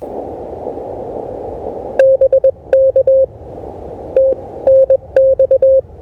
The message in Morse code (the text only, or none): BK TNX